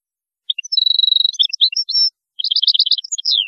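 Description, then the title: European goldfinch song: a rapid, high twittering phrase of tinkling notes and buzzy trills, with a short pause before a second jangling burst that ends in a falling note. "Chant Chardonneret"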